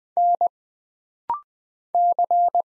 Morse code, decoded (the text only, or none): N C